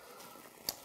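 The last of three waterproof plastic connectors on a 2021 Raptor-style extreme amber LED grill light kit for an F-150 is pushed into the grill light power harness plug. Over a quiet background, a single sharp click sounds at 0.7 s. The connector is fully seated and sealed, so all three lights are now connected.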